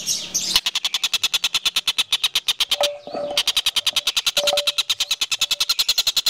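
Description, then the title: Sunbird song: a nearly continuous fast trill of sharp high ticks, briefly interrupted once, with a faint soft whistle in the background. Kolibri Ninja song, melodious, clear and loud, suited as masteran for training cage birds. "Suara Kolibri Ninja Pilihan MERDU, JELAS DAN LANTANG Cocok Dijadikan Masteran Burung Anda"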